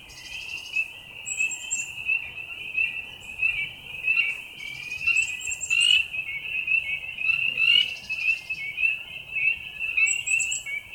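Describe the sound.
Frogs calling in a dense chorus, a steady pulsing high trill running throughout, broken at intervals by brief higher buzzy bursts.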